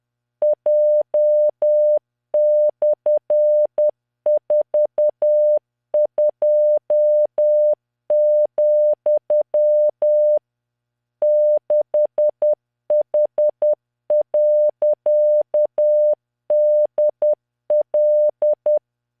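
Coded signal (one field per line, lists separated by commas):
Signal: Morse code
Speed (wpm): 10 wpm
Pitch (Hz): 600 Hz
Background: none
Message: J/42, 6H.DL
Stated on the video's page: Practice Morse of random characters from LearningMorse software at 10 WPM, 600 Hz tone, standard three-dot spacing.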